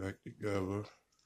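A man talks while handling a die-cast Audi R8 toy car after swapping its wheels, about to press the metal body back onto its plastic base. Only speech is heard, with no click. Nothing has seated or clicked yet.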